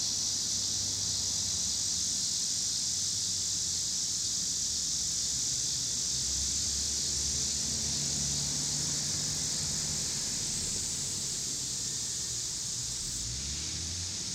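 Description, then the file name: Cicadas buzzing in a constant high drone, with traffic rumbling low underneath. Cicadas recorded with passing car noise in Pittsburgh, Pennsylvania, on 26 August 2023. "2023-08-26 cicadas and cars Pittsburgh PA"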